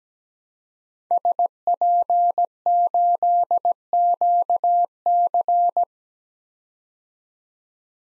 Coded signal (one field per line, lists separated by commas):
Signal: Morse code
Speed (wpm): 17 wpm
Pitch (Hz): 700 Hz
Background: none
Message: SP8QC